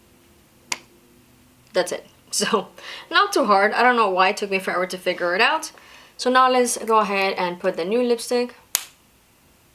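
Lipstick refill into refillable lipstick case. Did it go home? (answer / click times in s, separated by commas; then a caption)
yes / 8.8 s. A new lipstick refill bullet is pushed into a refillable lipstick case while someone talks. A faint tap sounds near 0.7 s, and the refill snaps home with a sharp little click at 8.8 s, seating firmly in the case.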